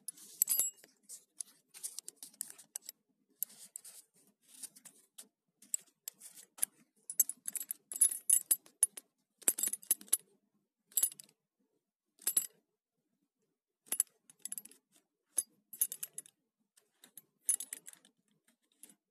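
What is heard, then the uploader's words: A belt buckle jingles and clinks in quick, irregular bursts of bright metallic rattling, with short silent pauses between handlings. ASMR - Belt sounds.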